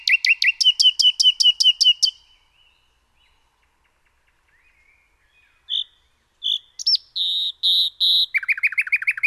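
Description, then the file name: Common nightingale song: a fast series of loud repeated notes for about two seconds, a pause, then pure whistles, buzzy notes and a rapid trill of downslurred notes. "Luscinia megarhynchos"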